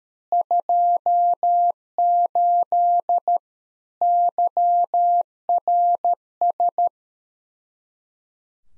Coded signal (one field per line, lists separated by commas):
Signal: Morse code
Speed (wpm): 13 wpm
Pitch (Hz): 700 Hz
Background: none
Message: 28 YRS